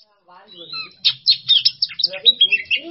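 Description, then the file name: Oriental magpie-robin song, opening with soft harmonic notes, then quick bright whistled syllables and short trills in a lively sequence. Masteran training recording for songbirds; song style called bongkar isian emosi. "Masteran Kacer Bongkar Isian Emosi"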